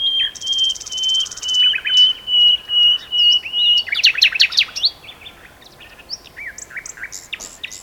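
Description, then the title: Common nightingale holding a long steady whistle under a high buzz, then a burst of rapid sharp chirps and scattered notes. Two nightingales singing in a duet on Westleton Heath. "sanderson. nightingale duet on westleton heath"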